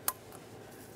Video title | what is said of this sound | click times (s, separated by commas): How To Replace Ignition Coil Pack 2006-2010 Ford Explorer | got two clicks there | 0.1 s, 0.3 s